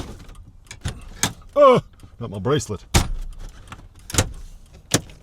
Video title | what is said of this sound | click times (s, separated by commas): Can This Be Fixed on the Van? - Day in the Life | And it just all snaps back in. | 4.2 s, 4.9 s